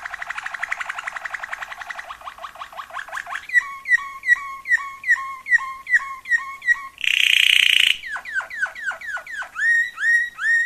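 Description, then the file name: Waterslager canary song: a rolling trill leading into repeated clear swooping notes, a loud buzzy burst, then more whistled swoops. Song variations of a Waterslager canary. "kenari waterslager variasi omkicau"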